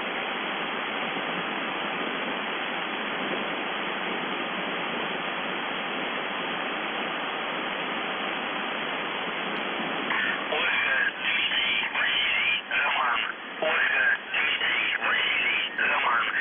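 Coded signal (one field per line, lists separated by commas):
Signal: numbers station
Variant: UVB-76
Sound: steady radio hiss, then a faint male voice reading words through heavy static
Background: radio static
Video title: The Buzzer/UVB-76(4625Khz) April 12, 2021 08:03UTC Voice message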